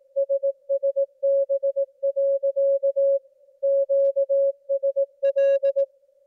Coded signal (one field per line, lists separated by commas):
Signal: Morse code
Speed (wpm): 18 wpm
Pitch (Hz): 550 Hz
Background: music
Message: SSB. QSL